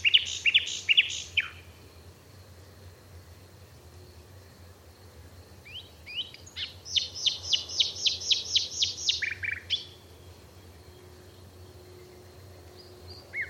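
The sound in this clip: Bird song: a jumble of high notes, then a long rapid series of bright, evenly spaced chirps ending in a drop. A low hum sits underneath.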